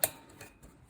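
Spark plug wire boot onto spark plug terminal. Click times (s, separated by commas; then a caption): 0.0 s. The rubber boot of the spark plug wire is pushed onto the terminal of a newly installed, correct spark plug on a Troy-Bilt 110 push lawn mower engine. A sharp little click sounds at 0.0 s as the boot seats, followed by fainter ticks around 0.4 s and 0.9 s. The boot is on the plug.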